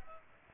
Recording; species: mosquito wingbeat signal from an infrared sensor; Culex pipiens